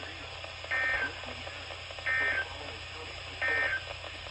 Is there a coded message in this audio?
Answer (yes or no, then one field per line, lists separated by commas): no